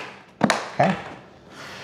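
The plastic hatch cover goes back onto the fuselage of an FMS ASW-17 2.5 m RC glider after the radio gear is tucked away, and its latch snaps shut. A quick double tap-click sounds at 0.4 s and 0.5 s, then someone talks. The latch seats closed.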